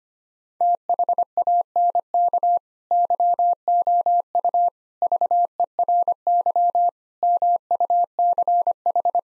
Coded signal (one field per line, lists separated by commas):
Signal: Morse code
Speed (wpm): 25 wpm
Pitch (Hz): 700 Hz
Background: none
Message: THANK YOU VERY MUCH